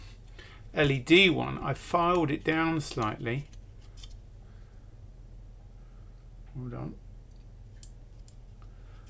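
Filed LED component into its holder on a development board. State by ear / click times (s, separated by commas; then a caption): seated / 7.8 s. Someone talks, then an LED part that was filed down slightly is pushed into its holder on a development board. A sharp click at 7.8 s is followed by a few fainter ticks. The part seats, though not as solidly as expected.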